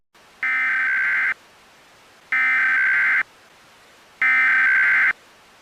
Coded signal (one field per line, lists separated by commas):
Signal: Emergency Alert System (SAME) tones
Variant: header bursts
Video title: *VALID TONES* EAS Christmas Scenario: Evil Santa